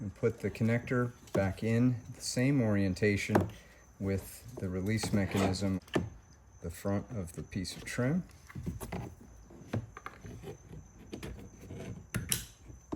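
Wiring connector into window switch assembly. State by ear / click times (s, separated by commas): seated / 12.3 s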